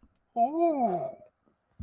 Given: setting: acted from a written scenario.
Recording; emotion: vocal sound without words; positive surprise